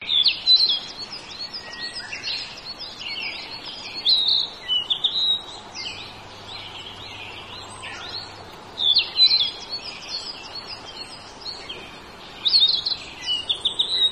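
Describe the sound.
Narcissus flycatcher song: short phrases of clear, varied whistles and trills repeated every few seconds, over a steady hiss of background noise.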